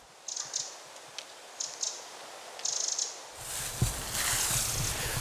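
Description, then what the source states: Eurasian wren dry ticking rattle in three short high bursts, followed by loud noise. Autumn, 2 November 2024; wren foraging among leaves, preparing for winter and staying put; only rattling now, in spring sings squeaky trills.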